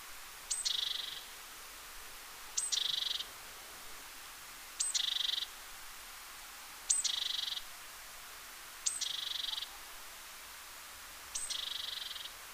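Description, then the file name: Great tit calls: a thin high note dropping straight into a harsh buzzy churr, given six times at roughly two-second intervals over faint steady background hiss. "Parus major"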